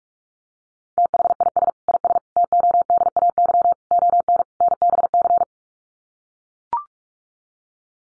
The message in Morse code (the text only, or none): THIS IS TODAY ON NBC